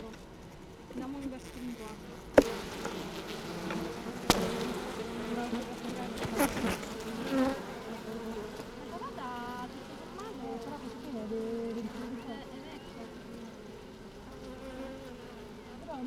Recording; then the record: honeybee colony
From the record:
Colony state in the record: missing queen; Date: 31 May 2018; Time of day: 16:11